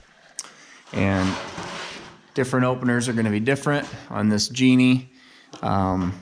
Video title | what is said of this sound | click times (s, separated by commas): How to install a garage door opener | i have to do is manually run that down until it clicks in and engages with the trolley | 0.4 s